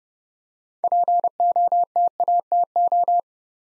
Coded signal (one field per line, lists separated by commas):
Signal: Morse code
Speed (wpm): 28 wpm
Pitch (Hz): 700 Hz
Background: none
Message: POTATO